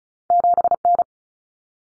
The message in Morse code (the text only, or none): 7N